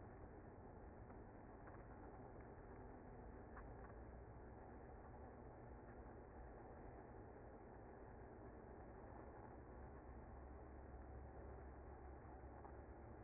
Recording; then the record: honeybee colony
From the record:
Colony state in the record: active